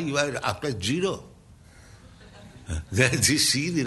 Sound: laughter

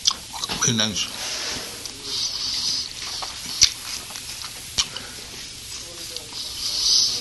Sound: Prabhupāda continues to eat

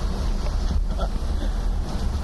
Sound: laughs

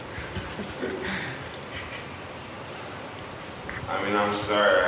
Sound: laughter

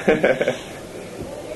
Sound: laughs

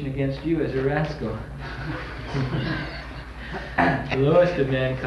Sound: laughter

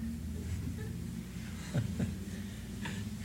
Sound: laughter

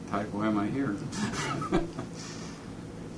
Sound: laughs

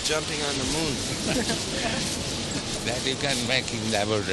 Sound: laughs

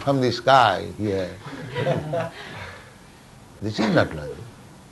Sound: laughter

